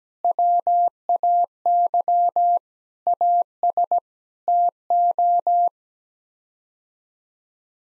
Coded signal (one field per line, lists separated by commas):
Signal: Morse code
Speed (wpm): 17 wpm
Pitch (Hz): 700 Hz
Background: none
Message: WAY AS TO